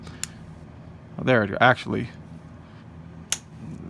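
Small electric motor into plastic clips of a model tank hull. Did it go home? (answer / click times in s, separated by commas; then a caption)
yes / 3.3 s. A small electric motor is pressed by hand into the plastic retaining clips of the hull of a Tamiya 1/25 Centurion Mk III R/C battle tank model while someone talks. A sharp snap at 3.3 s marks the motor seating in the clips.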